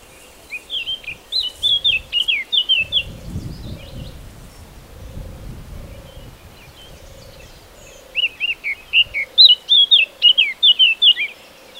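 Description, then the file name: Eurasian blackcap song: fast chattering warbled phrases, twice, with a lower, soft, repeated note running beneath. "Sylvia atricapilla"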